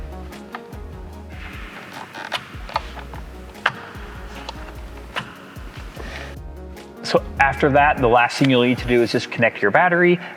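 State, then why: Seated. A driver airbag module is lined up and pushed into an aftermarket FactionFab steering wheel on a 2022+ WRX until its pins engage the spring clips. Several small clicks and knocks sound over a low hum, with a sharp, loud click at 3.7 s as the module seats. Someone talks near the end.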